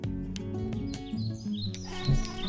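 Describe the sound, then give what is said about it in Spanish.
Slender-billed parakeets (choroy), a parrot species, give a run of sharp, high chirping calls in quick bursts, layered over a steady low musical drone that holds throughout. “Choroy, especie de loro que vive en los bosques y renovales, de vuelo rápido y ágil, de coloración verde oscuro con una mancha colorada poco notoria en el abdomen y cola rojiza, pico prolongado y delgado.”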